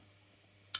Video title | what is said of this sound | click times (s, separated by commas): [HOW TO] AGM MP056B StG44 Disassembly / Reassembly and internal review | through again so it needs to get the air nozzle in and then push it up and it just snaps into place there | 0.8 s